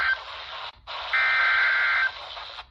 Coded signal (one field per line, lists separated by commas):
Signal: Emergency Alert System (SAME) tones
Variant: header bursts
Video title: (EAS "#750") RNK Severe Thunderstorm Warning from WNG588 (Jefferson, NC) - 5/16/2025